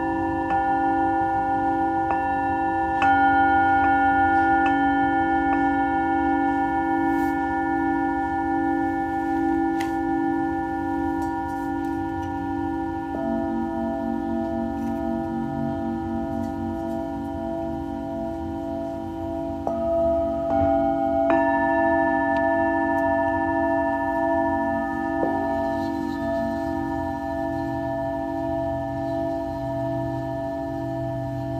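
Singing bowls ring in long, overlapping sustained tones, with new strikes layering in around 2–3 seconds, 13, 20, 21 and 25 seconds. A low, shimmering hum pulses steadily underneath while higher ringing notes hang and slowly fade, keeping the sound dense and continuous throughout.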